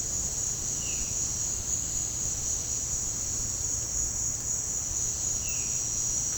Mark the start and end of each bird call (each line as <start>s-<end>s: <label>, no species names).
0.82s-1.14s: bird call
5.46s-5.83s: bird call